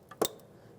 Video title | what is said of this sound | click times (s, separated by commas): How to Replace Front ABS Wheel Speed Sensors 2012-2018 Nissan Altima | Press it in, listen for a click, make sure that's secure. | 0.2 s